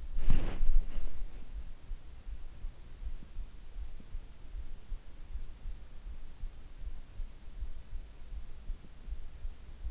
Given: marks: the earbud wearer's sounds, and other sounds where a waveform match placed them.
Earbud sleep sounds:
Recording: sounds in sleep by an in-ear microphone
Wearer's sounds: body movement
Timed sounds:
0.00-0.91 s: body movement

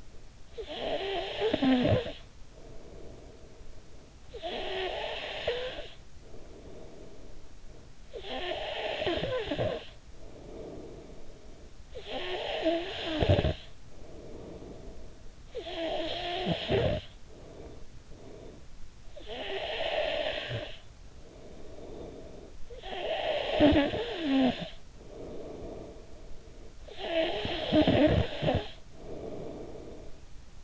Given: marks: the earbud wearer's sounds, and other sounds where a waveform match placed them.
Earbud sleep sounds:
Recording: sounds in sleep by an in-ear microphone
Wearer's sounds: snoring breath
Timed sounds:
0.24-7.71 s: snoring breath
8.05-18.90 s: snoring breath
19.02-30.53 s: snoring breath

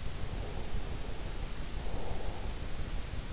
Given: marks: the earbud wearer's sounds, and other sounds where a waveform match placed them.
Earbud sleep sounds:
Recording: sounds in sleep by an in-ear microphone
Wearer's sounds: breath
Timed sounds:
0.42-3.28 s: breath

